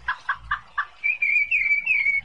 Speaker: Es el zorzal. El que se nos despierta a las 4 de la mañana.